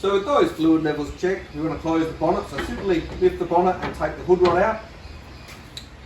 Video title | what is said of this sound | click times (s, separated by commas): Mazda 3 How to Open Bonnet and Check Vital Fluids - Engine Oil, Coolant Radiator Fluid, Brake Fluid | he clicks back into that plastic clip there and then simply lower the corner | 5.8 s